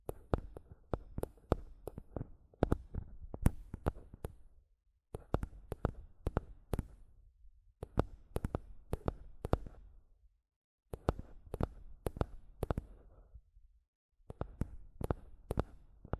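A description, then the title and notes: Mic tapping and scratching comes in bursts of sharp, bright taps, several per second, with soft scratchy rustle filling the gaps between them. The bursts are separated by brief full silences near 4.5, 10.5 and 14 seconds. ASMR Mic Tapping and Scratching (No Talking).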